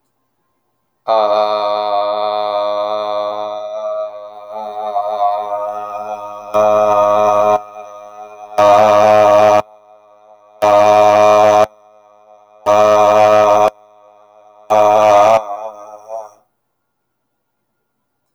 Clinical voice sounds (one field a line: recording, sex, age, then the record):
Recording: vowel held as long as possible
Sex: male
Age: 50 to 59 years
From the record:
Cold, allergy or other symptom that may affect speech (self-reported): no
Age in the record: 56 years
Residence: North Carolina, United States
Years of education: 16